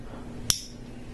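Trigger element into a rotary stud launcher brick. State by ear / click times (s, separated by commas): seated / 0.5 s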